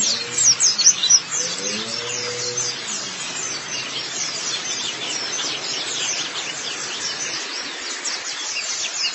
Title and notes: Kicauan Burung Pleci Durasi Panjang. Suara kicauan burung pleci